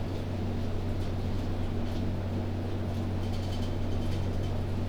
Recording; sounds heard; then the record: poultry house recording; no chicken sound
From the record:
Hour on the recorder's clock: 23